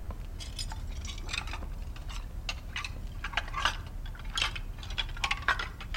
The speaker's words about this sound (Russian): Она моет посуду.